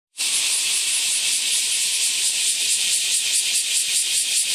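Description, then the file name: Bear cicada song: the loud buzzing hiss bursts in abruptly and carries on at full strength, grainy and rapidly pulsed. "Kumazemi"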